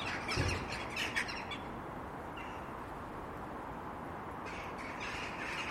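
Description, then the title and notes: Jackdaws giving short, sharp, clipped calls in a quick cluster at the start and again near the end, over a steady rushing background noise. "untitled [jackdaws] by Jimmy Kipple Sound"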